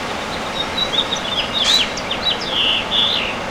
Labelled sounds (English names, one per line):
House Finch song